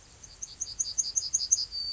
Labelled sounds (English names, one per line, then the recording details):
Yellowhammer song
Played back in grassland
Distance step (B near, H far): D
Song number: 133